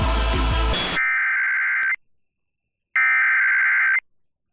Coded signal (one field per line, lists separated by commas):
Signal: Emergency Alert System (SAME) tones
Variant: header bursts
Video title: (EAS) (Technical Difficulties) 106.9 WKVP's Transmitter Rebooting Constantly During A TOR.